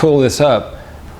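A man talks while the lid sits on a 16 cm stainless steel Zebra cookpot and he begins pulling up the small lid lock clip, which holds the lid so it can't come off. Only his voice is heard, fading to quiet room tone after about 0.6 s. Nothing has seated or clicked yet.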